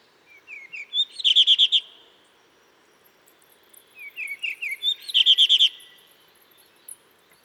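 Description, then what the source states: Blue rock thrush song: twice, a few soft rising notes lead into a quick sparkling trill of repeated whistles. In a cliff at Dentelles de Montmirail, 12 March 2020, 7:25; sings all morning to mark territory, changing perches; Nagra Seven, Telinga Pro7.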